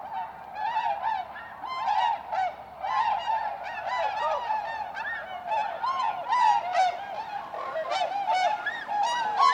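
Tundra swans calling in a flock, overlapping yelping, bugle-like notes that rise and fall, a continuous babble with louder bursts throughout.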